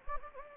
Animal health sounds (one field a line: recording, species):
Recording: mosquito wingbeat signal from an infrared sensor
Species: Anopheles gambiae